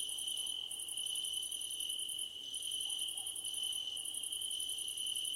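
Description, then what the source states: Rapid high cricket trills in repeated bursts with brief pauses, set against a constant ringing insect tone and faint lower chirps. Crickets at night under a starlit sky.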